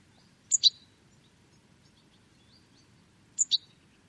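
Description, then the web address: Bird repeating a quick, high two-note chip twice, about three seconds apart, with faint thin notes in the pause. "Deverinetal. Bird Only"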